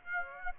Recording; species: mosquito wingbeat signal from an infrared sensor; Aedes aegypti